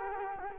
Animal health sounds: mosquito wingbeat signal from an infrared sensor; Culex quinquefasciatus

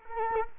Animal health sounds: mosquito wingbeat signal from an infrared sensor; Culex quinquefasciatus

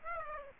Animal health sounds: mosquito wingbeat signal from an infrared sensor; Aedes aegypti

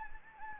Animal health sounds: mosquito wingbeat signal from an infrared sensor; Anopheles gambiae

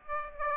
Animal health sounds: mosquito wingbeat signal from an infrared sensor; Aedes aegypti

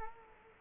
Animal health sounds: mosquito wingbeat signal from an infrared sensor; Culex quinquefasciatus

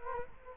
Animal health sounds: mosquito wingbeat signal from an infrared sensor; Culex quinquefasciatus

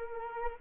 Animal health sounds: mosquito wingbeat signal from an infrared sensor; Culex quinquefasciatus

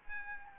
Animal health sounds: mosquito wingbeat signal from an infrared sensor; Aedes albopictus

